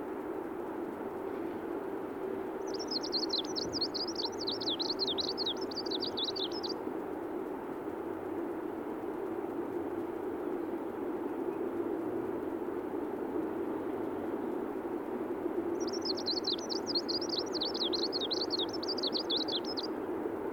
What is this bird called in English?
Greenish Warbler